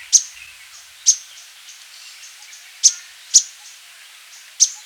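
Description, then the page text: Thick-billed flowerpecker calls: brief, sharp high clicks at irregular intervals, five in five seconds, over a quiet hiss. "Thick-Billed Flowerpecker Calls. Quick Sounds"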